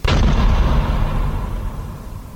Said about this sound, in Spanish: que deliró, balbució y por fin, ¡pum!, al piso. La torca amagó con abrazarlo para detener la caída, pero temió morir incrustado en el piso.